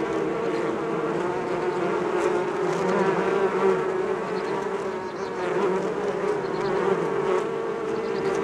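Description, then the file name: Bees buzzing in a dense, unbroken drone of many overlapping wingbeats, a steady low hum with wavering higher tones throughout. "benboncan bees"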